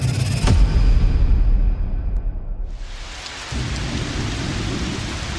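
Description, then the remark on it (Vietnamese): Heavy rain roars steadily while a deep rumble of thunder rolls beneath it, fading briefly before the downpour swells again, dense and hissing, with no voices. “Mưa trắng trời trắng đất.”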